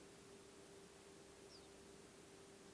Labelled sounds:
Ortolan Bunting
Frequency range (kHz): Ortolan Bunting 3.5-5.8 kHz
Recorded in France

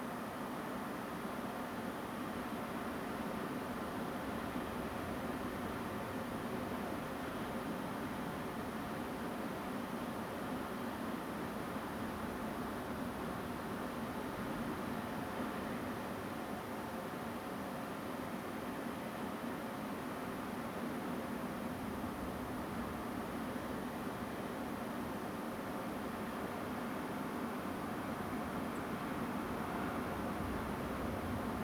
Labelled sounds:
Song Thrush
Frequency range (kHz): Song Thrush 7.6-10.1 kHz
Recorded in France

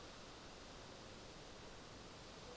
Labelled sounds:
none
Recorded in France

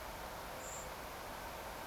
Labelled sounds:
Common Blackbird
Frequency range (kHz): Common Blackbird 6.8-8.1 kHz
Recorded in France

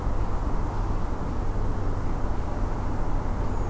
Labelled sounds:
Redwing
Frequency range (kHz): Redwing 6.4-7.5 kHz
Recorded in France

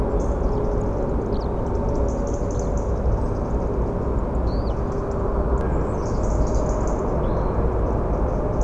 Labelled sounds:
European Robin
Eurasian Skylark
Song Thrush
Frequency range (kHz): Eurasian Skylark 2.5-7.0 kHz; Song Thrush 6.4-9.9 kHz
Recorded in France

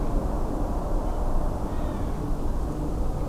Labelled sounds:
Long-eared Owl
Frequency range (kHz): Long-eared Owl 1.6-3.9 kHz
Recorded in France

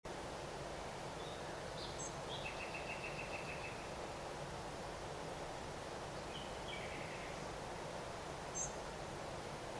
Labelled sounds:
Common Nightingale
Spotted Flycatcher
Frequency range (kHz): Common Nightingale 1.5-5.3 kHz; Spotted Flycatcher 6.1-8.8 kHz
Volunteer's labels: chant Luscinia megarhynchos
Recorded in France

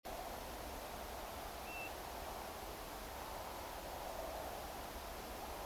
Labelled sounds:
European Golden Plover
unidentified sound
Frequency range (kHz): European Golden Plover 2.3-3.1 kHz
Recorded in France

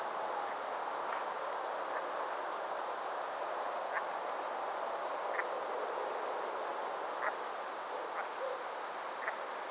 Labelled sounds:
unidentified sound
Brent Goose
dog
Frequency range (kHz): Brent Goose 0.5-2.9 kHz
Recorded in France

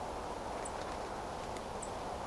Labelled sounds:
Song Thrush
unidentified sound
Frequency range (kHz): Song Thrush 7.3-9.5 kHz
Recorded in France

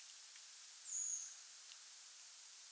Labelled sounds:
unidentified sound
Redwing
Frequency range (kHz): Redwing 6.1-8.0 kHz
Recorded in France

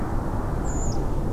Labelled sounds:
Redwing
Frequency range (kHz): Redwing 4.2-8.2 kHz
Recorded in France

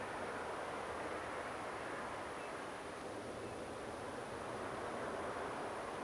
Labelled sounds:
Common Ringed Plover
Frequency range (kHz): Common Ringed Plover 2.4-2.8 kHz
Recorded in France

